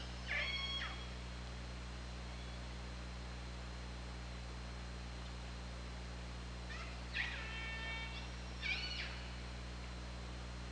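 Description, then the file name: Killer whale calls, three pulsed harmonic calls spread across the stretch, with quiet gaps and steady low hum between. Recorded by OrcaLab hydrophone on 24 August 2017 at 21:38:47. "Orca Lab UTLN JASON 20170824 213847"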